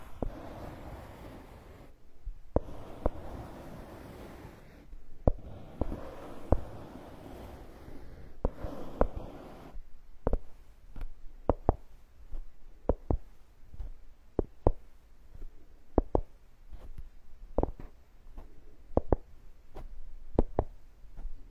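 Ear picking and ear massage sounds: for the first ten seconds, dense scratchy rustling in bursts broken by brief silent gaps. After that, the rubbing drops away and sharp, crisp clicks and taps repeat every half second or so over a quiet background.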